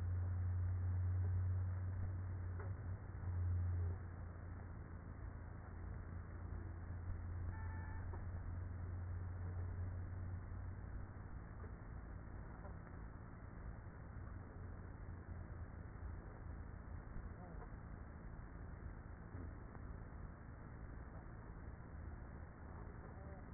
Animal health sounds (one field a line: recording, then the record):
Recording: honeybee colony, microphone inside the hive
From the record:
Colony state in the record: queenless with a low population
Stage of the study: after two queens were removed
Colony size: about 30,000 bees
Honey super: no